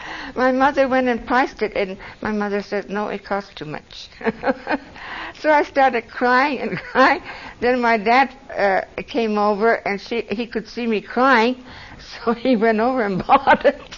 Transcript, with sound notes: My mother went and priced it and my mother says no it cost too much. (laughs) So I started crying. I - then my dad uh - came over and she - he could see me crying so he went over and bought it